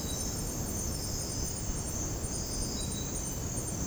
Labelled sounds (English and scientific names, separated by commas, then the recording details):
none
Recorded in dense forest near Puerto Asís, Putumayo, Colombia, on 20 February 2024 at 04:00
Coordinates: 0.486, -76.316
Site G6437